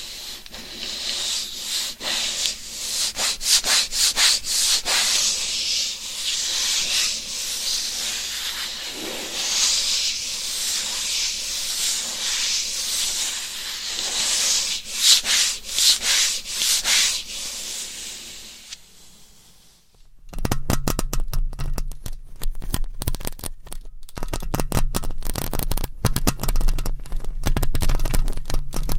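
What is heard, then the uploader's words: Microphones are scratched, starting with a dense, bright scraping hiss full of quick sharp strokes for about nineteen seconds. A brief near-silent gap follows, then a rougher, lower scratching takes over, crackly and thumping, with rapid irregular strokes to the end. ASMR Mic Scratching - Brain Scratching with 10 Mics for 100% SLEEP No Talking with Long Nails.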